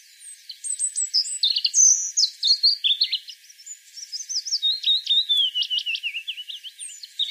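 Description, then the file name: European robin song: a long stream of high, sweet notes, dropping slurs and rapid trills, varying constantly. "Erithacus rubecula"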